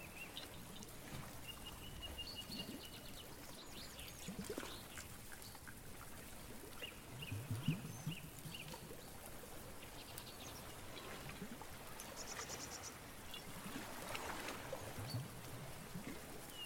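A day at the beach, with a steady wash of surf-like noise filling the whole clip. Short bird calls chirp on and off, with a brief high trill near the start and another around twelve seconds, while occasional low thumps and rustles pass underneath.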